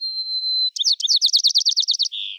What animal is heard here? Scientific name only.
Zonotrichia leucophrys